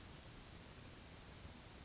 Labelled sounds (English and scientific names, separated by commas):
Chestnut-backed Chickadee (Poecile rufescens)